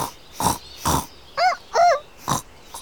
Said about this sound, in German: Schwein und Ferkel